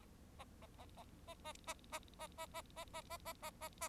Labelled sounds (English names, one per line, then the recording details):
Bengalese Finch song
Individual Bird4